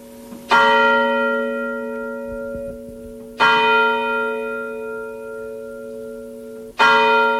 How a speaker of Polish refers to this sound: Jeszcze mamy Anioł Pański. To jest jedna rzecz, co ludzie teraz nie słyszą wiele. Ale my mamy Anioł Pański. Jeszcze dzwonią te dzwony.